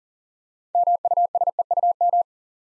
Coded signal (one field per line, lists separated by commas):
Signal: Morse code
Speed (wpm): 39 wpm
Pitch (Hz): 700 Hz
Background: none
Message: MUSEUM